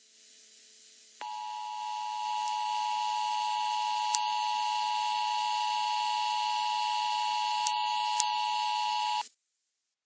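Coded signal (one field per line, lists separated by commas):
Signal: Emergency Alert System (SAME) tones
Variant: 853 and 960 Hz attention tone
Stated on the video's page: A fictional riot EAS scenario played on radio, a made-up alert rather than a real one.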